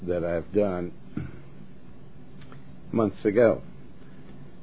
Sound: clears throat

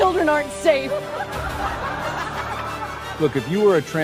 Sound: crowd laughing

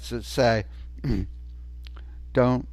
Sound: clears throat

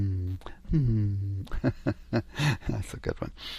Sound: laughs

